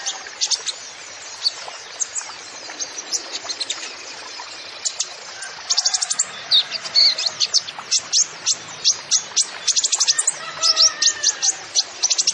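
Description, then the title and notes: Van Hasselt's sunbird song, sparse high chirps at first, then a dense rapid run of sharp, piercing notes, with faint lower whistles in the background. Bird in full song with fill-in phrases (isian) and bursts (tembakan); used to lure and train songbirds. "MASTERAN KOLIBRI NINJA FULL ISIAN DAN TEMBAKAN PANCINGAN. Suara Burung Kolibri Ninja Gacor"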